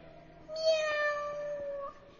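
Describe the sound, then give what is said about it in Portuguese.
A single drawn-out cat meow, high and tonal, lasting over a second with a slight rise and then a gentle fall in pitch. No one talks over it. “Bom dia, senhor gatinho!”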